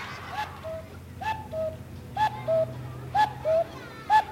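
An owl call repeats about four times in paired, mid-pitched hooting notes, each pair a short tone followed by a slightly longer one, steady and moderately loud over a quiet low rumble.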